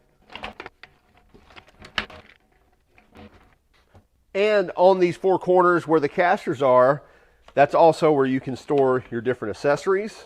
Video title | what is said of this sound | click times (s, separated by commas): ESSENTIAL COMBO - EcoMax Compressor and Wet Dry Shop Vacuum | and clip into place so push it in until you hear the little click | 2.0 s